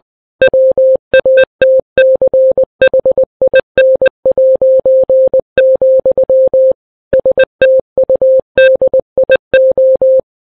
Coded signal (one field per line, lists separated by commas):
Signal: Morse code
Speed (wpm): 20 wpm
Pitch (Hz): 520 Hz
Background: none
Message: WATCHIN', STUDIO